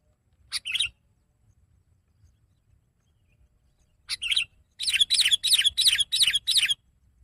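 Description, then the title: Sooty-headed bulbul singing: two short chirpy bursts, a pause of about three seconds, then two short notes and a quick run of about seven bright, bubbly notes. "kutilang"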